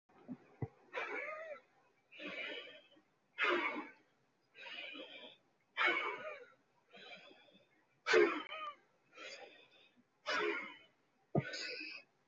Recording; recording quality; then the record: deep breathing; excellent, no background noise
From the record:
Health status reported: healthy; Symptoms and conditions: none ticked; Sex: male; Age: 23 years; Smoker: not ticked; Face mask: not worn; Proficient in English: yes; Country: India